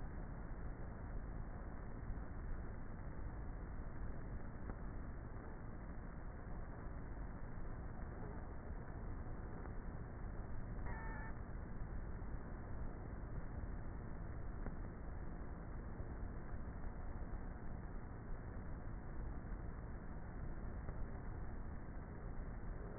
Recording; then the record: honeybee colony, microphone inside the hive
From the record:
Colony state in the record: queenless with a low population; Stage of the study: before two queens were removed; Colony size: about 30,000 bees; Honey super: no